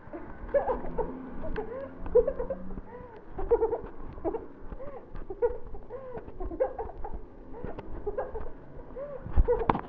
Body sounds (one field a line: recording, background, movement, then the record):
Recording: laughter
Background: traffic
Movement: walking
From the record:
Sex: female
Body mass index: 18.8 kg/m2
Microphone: on the chest, facing the body